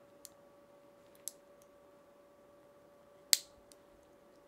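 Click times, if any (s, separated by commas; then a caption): none. A Barracuda Tactical base plate is being pushed onto a Glock 19 pistol magazine body, giving a few sharp, bright pops at about 0.3 s, 1.3 s and a loudest one at 3.3 s, with fainter ticks between, over a steady low hum. The base plate pops instead of locking, so nothing has seated or clicked into place yet.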